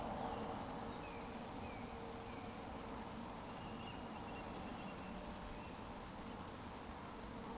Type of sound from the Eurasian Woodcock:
whistle